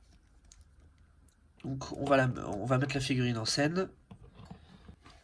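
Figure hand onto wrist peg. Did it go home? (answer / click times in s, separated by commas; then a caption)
yes / 0.5 s. A plastic hand is slid onto an action figure's wrist peg and snaps home with a small click at 0.5 s, seating it. A few faint taps follow, then someone talks.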